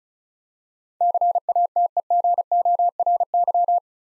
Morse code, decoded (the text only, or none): CATEGORY